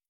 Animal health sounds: hydrophone in a shrimp aquaculture tank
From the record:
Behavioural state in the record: starved

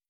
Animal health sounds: hydrophone in a shrimp aquaculture tank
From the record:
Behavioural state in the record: starved

